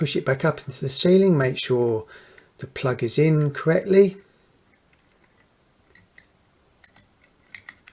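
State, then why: Not seated. Someone talks for the first four seconds while handling a spring-clip bathroom MR16 downlight fitting, now holding a new LED bulb, to push it back up into the ceiling cut-out. After a quiet stretch, a few faint, brief handling taps are heard between about 6.8 and 7.7 seconds. The fitting has not yet been pushed home, and nothing has seated or clicked into place.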